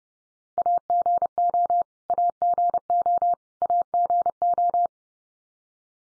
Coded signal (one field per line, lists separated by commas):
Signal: Morse code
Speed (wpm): 30 wpm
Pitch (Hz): 700 Hz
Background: none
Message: AGO AGO AGO